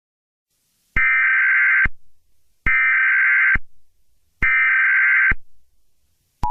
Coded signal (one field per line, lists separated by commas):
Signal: Emergency Alert System (SAME) tones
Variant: header bursts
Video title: EAS Scenario #15: Unknown Emergency